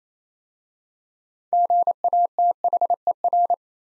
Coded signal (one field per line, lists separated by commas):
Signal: Morse code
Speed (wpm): 27 wpm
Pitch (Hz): 700 Hz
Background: none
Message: GATHER